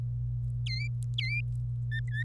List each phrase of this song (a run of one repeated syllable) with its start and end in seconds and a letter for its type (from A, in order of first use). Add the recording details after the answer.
0.66-0.88 A, 1.18-1.41 A, 1.55-1.56 B, 1.92-2.23 C. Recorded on 25 April 2018 at 18:20. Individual llb3